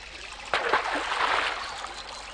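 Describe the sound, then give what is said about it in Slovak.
A sudden splash of water breaks in as a fish, thrown onto the sand by a big wave, is put back into the water, followed by a second quick slap and then a steady, hissing wash of moving water that slowly fades out. “A do vody späť sa dostať už nevládzem.”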